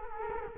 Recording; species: mosquito wingbeat signal from an infrared sensor; Culex quinquefasciatus